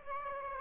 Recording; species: mosquito wingbeat signal from an infrared sensor; Aedes aegypti